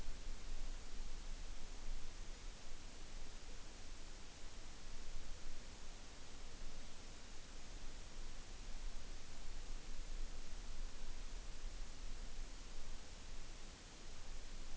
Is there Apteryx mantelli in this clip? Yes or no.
no